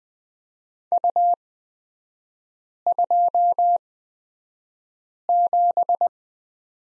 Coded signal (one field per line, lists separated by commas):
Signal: Morse code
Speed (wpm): 20 wpm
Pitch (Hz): 700 Hz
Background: none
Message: U27